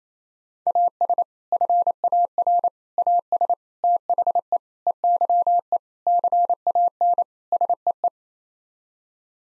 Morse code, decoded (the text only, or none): AS FAR AS THE EYE CAN SEE